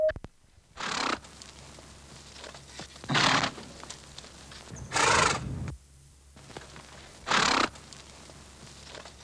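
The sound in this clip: Horse snorts: four loud, breathy blasts of air, each under a second long and spaced roughly two seconds apart, over a low steady hum.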